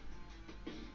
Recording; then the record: background sound without coughing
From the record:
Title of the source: BackgroundMusic